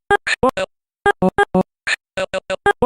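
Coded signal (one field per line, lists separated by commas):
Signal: none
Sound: game character voice beeps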